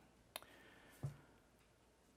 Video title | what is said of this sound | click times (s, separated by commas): ESR Gear Accessories for iPad Pro M1 12.9 and AirTags | kind of snap into place and i don't know | 0.4 s